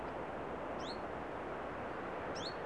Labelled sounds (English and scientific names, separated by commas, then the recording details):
Common Chiffchaff (Phylloscopus collybita)
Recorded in Germany
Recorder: ecoPi